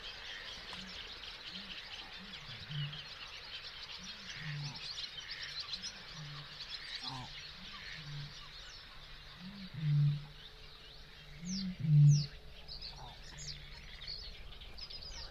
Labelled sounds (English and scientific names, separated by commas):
Barn Swallow (Hirundo rustica) song